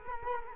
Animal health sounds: mosquito wingbeat signal from an infrared sensor; Culex quinquefasciatus

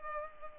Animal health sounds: mosquito wingbeat signal from an infrared sensor; Culex pipiens

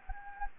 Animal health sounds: mosquito wingbeat signal from an infrared sensor; Anopheles gambiae

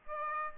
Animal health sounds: mosquito wingbeat signal from an infrared sensor; Aedes albopictus

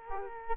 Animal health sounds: mosquito wingbeat signal from an infrared sensor; Culex quinquefasciatus

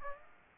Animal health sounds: mosquito wingbeat signal from an infrared sensor; Aedes aegypti

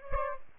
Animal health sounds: mosquito wingbeat signal from an infrared sensor; Aedes aegypti

